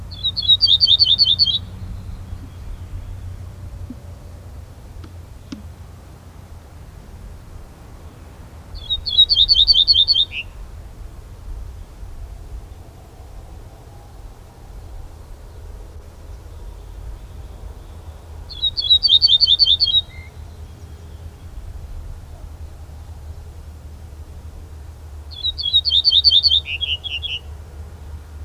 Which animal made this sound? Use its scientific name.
Emberiza hortulana